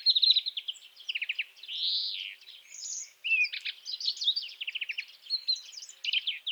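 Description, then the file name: European greenfinch twittering song, short rattled trills interspersed with a couple of drawn-out wheezy notes and quick chirps. "Chloris chloris"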